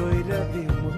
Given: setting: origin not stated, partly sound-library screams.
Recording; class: one-second piece from a danger detection set; normal situation